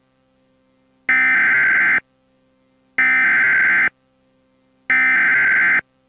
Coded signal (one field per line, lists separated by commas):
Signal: Emergency Alert System (SAME) tones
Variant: header bursts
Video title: We’ll Be Back After This EAS (RARE)